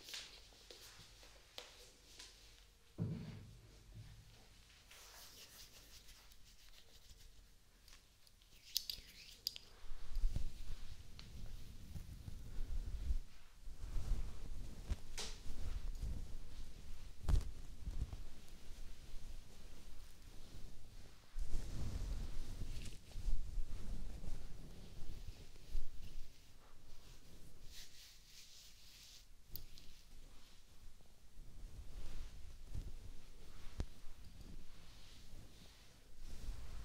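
Hair brushing and scalp scratching, with soft bristly strokes and rubbing that are quiet at first, then grow denser after about ten seconds. Irregular scratchy bursts with low thumps and occasional sharp clicks continue to the end, with no steady rhythm.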